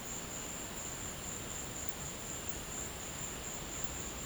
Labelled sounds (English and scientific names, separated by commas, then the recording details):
none
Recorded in dense forest near Puerto Asís, Putumayo, Colombia, on 22 December 2024 at 14:30
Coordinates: 0.484, -76.317
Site G026